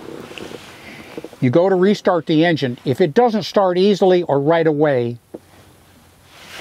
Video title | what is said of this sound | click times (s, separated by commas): Cobalt R6 & R8 New Boat Delivery Instructional | So when you push this back in, it snaps in place, just like that. | 0.4 s